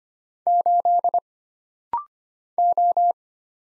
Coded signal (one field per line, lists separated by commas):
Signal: Morse code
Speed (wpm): 25 wpm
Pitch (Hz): 700 Hz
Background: none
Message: 8 O